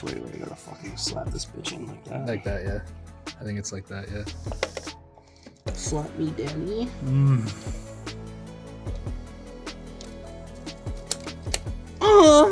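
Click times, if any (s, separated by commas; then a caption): 11.1 s, 11.5 s. A memory module is pressed into a desktop motherboard DIMM slot until the slot's plastic retention latches snap shut, over music and someone talking. Two sharp, loud clicks ring out at 11.1 and 11.5 seconds as the stick seats.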